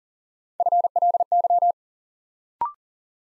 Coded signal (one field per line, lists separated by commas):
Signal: Morse code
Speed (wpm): 42 wpm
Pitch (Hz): 700 Hz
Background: none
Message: FLY